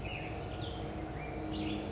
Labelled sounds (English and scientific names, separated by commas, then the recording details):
California Towhee (Melozone crissalis)
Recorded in Sonoma County, California